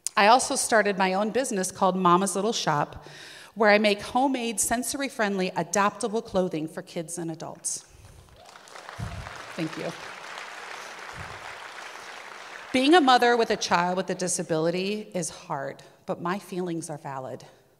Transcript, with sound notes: I also started my own business called Mama's Little Shop, where I make homemade, sensory friendly, adaptable clothing for kids and adults. (applause) Thank you. Being a mother with a child with a disability is hard, but my feelings are valid.